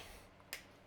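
A torque wrench tightens a fork bolt on a 2007 KLX250S during a fork seal and bushings replacement, with 65 foot-pounds given as the setting. A single sharp, bright click sounds at 0.5 s over a quiet background, followed by a faint tick near the end. The wrench clicks at its setting, and the fastener is confirmed good and tightened down.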